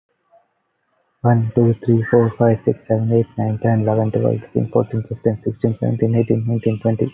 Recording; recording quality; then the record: counting at a fast pace; moderate, slight background noise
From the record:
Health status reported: healthy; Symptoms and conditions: none ticked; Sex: male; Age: 25 years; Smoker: not ticked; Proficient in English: yes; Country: India